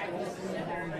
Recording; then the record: coughing mixed with background sound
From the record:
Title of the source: 1125 Coughing SOUND Effect